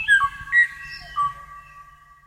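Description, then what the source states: Kauai O'o mating call: a few pure, flute-like whistles, then steady tones that slowly fade away. Haunting, flute-like mating call; last recording of the species, made in the 1980s, of a lone individual calling to a mate no longer there; species now extinct.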